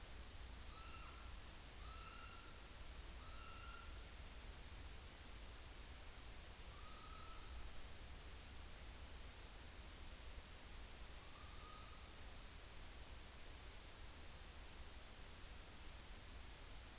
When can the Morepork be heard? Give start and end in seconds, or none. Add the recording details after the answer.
0.58-1.37, 1.71-4.21, 6.65-7.68, 11.11-12.18. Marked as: faintness 3/5, faintness 4/5, faintness 5/5. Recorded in New Zealand on 30 April 2013. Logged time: 02:19. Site Ponui